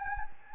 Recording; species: mosquito wingbeat signal from an infrared sensor; Anopheles gambiae